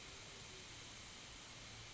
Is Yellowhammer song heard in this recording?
no